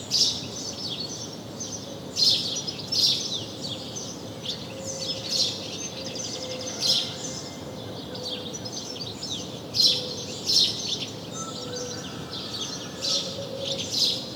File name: Passer domesticus